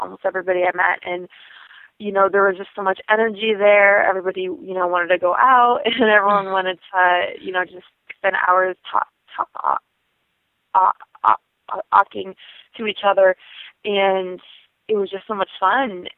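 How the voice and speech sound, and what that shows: Adult woman talks fluently at first, then repeats 'ta- ta-' and blocks for about two seconds mid-word: stuttering, which has always been a large part of her life, and for which she has had speech therapy.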